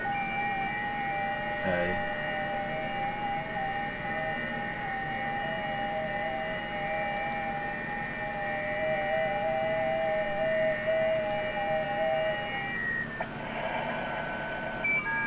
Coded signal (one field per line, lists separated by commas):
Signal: FT8